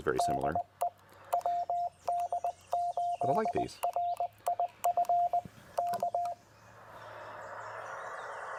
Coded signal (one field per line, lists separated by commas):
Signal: Morse code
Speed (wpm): 20 wpm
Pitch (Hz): 700 Hz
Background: speech, radio noise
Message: DE WD8RIF K